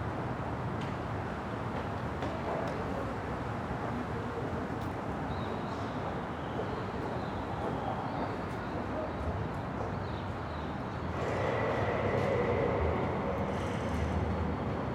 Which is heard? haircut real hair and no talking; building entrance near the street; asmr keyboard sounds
building entrance near the street